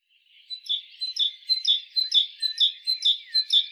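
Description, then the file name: Great tit: a steady series of sharp high paired notes, roughly two pairs per second, starting after a brief quiet moment. "Parus major"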